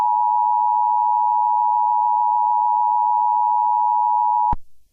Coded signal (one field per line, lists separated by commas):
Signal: Emergency Alert System (SAME) tones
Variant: 853 and 960 Hz attention tone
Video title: EAS SCENARIO #39: CREEPER INVASION